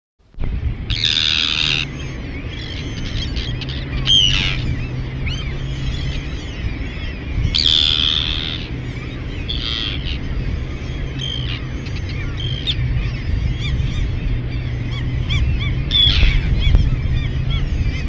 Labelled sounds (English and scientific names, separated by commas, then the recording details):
Common Gull (Larus canus) call
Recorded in the wild
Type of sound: call
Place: Langenwerder, Mecklenburg-Vorpommern, DE
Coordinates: 54.027, 11.493
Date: 1969-06-07
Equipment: Nagra III BH, Sennheiser MD 421
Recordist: Schubert, Michael
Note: Sturmmöwen über den Nestern